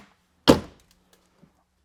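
A metal tailgate on a 2024 JLU is slammed shut, giving one loud thunk at 0.5 s that quickly fades, followed by a few faint ticks. The tailgate latch seats in the right place, and the tailgate does not touch the newly installed Diabolical Inc part.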